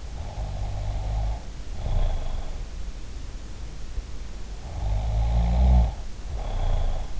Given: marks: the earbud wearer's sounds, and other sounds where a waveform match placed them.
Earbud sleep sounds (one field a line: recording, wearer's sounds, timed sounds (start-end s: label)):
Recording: sounds in sleep by an in-ear microphone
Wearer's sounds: snoring breath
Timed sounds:
0.19-2.37 s: snoring breath
4.67-7.20 s: snoring breath